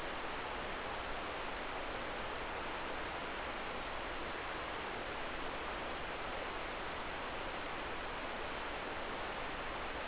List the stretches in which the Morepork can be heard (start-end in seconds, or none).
none